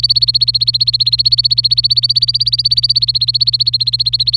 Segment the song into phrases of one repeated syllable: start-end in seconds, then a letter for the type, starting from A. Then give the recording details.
0.00-4.37 A. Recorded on 25 April 2018 at 15:00. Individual llb3